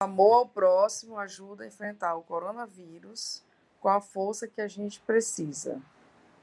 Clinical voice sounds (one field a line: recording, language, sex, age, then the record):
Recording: spoken sentence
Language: Brazilian Portuguese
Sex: female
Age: 40 to 49 years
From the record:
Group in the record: control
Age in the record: 49 years